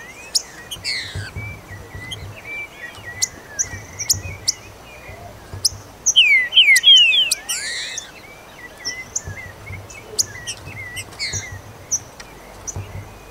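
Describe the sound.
Green-winged saltator song: one clear burst of slurred whistles midway, among soft warbled notes and high clicking chips.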